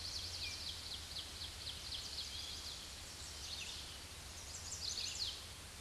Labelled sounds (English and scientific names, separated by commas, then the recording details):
Ovenbird (Seiurus aurocapilla) song
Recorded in a Pennsylvania forest on 16 May 2024 at 07:34
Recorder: AudioMoth, point MSD-0814
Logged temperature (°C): 15.8 °C
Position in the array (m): 210 m, 102 m